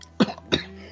Here, eat all this nutmeg. Listen to this guy coughing.